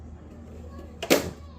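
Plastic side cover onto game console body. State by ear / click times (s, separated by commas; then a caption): seated / 1.0 s. After cleaning, the plastic side cover of a game console is slid back onto the console body and pushed until it snaps home. One sharp click is heard at 1.0 s, followed right after by a louder, brief burst of broadband handling noise over a low background hum. The cover is seated in place.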